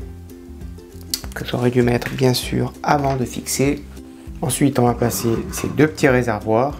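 A small plastic cap is pressed onto the little reservoir of the handbrake and master cylinder assembly on a 1/8 scale Citroën C4 WRC 2008 model car, over quiet background music. One sharp, loud hit at 1.1 s marks the cap seating, after which someone talks about having meant to fit it before fixing the part.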